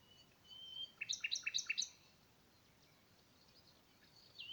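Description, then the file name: Common nightingale song: a soft whistle, then a rapid burst of about eight sharp repeated notes lasting one second, followed by faint quieter notes. "Luscinia megarhynchos"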